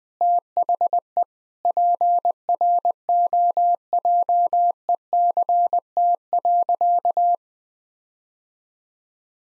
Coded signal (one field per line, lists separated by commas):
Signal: Morse code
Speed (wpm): 20 wpm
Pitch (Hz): 700 Hz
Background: none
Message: THE PROJECT.